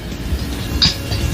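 A plastic part of a Transformers Siege Voyager Class Springer action figure is folded in toward its recess during the helicopter-mode transformation, over a steady low rumble with a brief brighter rustle near 0.8 s. Nothing has seated or snapped into place yet when the clip ends.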